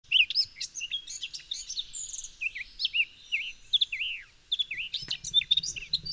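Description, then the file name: Eurasian blackcap song, a rapid run of varied chattering and looping warbled notes, mid to high pitched, with brief pauses and a low rumble near the end. "Sylvia atricapilla"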